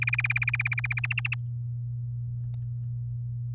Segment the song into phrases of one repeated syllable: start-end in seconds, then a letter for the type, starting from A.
0.02-1.00 A, 1.03-1.34 B